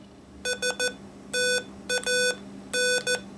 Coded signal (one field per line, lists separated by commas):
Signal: Morse code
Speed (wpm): 14 wpm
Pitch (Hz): 1500 Hz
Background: none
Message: STAN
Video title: Morse Code Audio Lessons